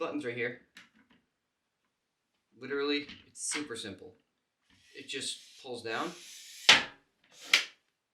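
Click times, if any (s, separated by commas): 7.5 s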